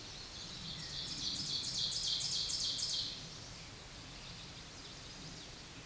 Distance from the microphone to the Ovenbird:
about 20 m